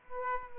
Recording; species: mosquito wingbeat signal from an infrared sensor; Aedes aegypti